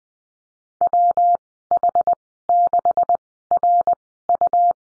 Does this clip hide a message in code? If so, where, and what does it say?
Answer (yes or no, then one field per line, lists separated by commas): yes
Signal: Morse code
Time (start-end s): 0.8-4.7 s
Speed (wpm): 20 wpm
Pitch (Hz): 700 Hz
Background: none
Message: WH6RU